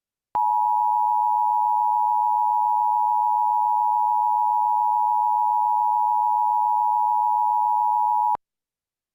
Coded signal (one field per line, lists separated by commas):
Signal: Emergency Alert System (SAME) tones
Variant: 853 and 960 Hz attention tone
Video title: EAS Scenario - Ohio Unknown and Inexperienced Incident Situation (AFTERMATH EPILOGUE) (EP17)